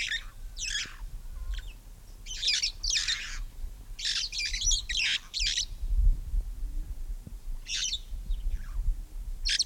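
Red-fronted parrot harsh squawks in irregular clusters of two or three, with a low background rumble.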